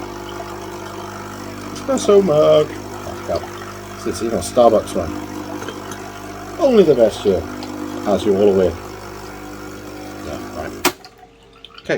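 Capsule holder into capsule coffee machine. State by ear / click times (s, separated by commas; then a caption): seated / 10.9 s. A plastic capsule holder with a pod is pushed back into a Dolce Gusto Mini Me capsule coffee machine and clicks into place at 10.9 s, a sharp, loud snap. Before that, someone talks over a steady low hum, and after the click the background drops quieter with a few small taps.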